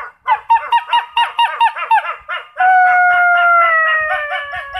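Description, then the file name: Wolf yipping and howling: a fast run of yelping barks, then a long drawn-out howl that slowly falls in pitch. Thailand. "tieng cho soi thai lan keu"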